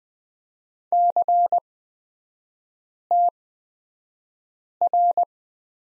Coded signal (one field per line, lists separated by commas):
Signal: Morse code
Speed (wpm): 20 wpm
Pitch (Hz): 700 Hz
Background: none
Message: CTR